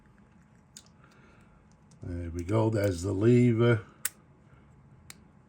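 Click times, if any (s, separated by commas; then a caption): 4.1 s. The metal filling lever of a classic black vintage Conway Stewart 27 fountain pen, just re-sacked with a brand new sac, is closed flush against the pen's barrel. After someone talks, a sharp click at 4.1 s marks the lever locking into place, leaving the pen ready to use.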